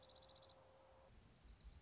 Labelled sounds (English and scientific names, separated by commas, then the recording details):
Dark-eyed Junco (Junco hyemalis)
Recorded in Sonoma County, California